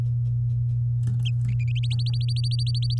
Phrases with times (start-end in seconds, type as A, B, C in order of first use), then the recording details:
1.83-2.94 A. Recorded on 9 May 2018 at 14:05. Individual llb16